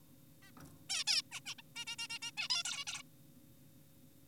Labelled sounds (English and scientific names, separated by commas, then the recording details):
Zebra Finch (Taeniopygia guttata)
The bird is an adult
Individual g4p5U